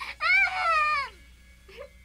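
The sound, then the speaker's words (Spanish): A baby lets out one long, high wavering cry that trails off with a falling pitch, followed by a brief soft whimper. “Igual que los adultos, pero es difícil adivinar por qué lloran y ese es un problema.”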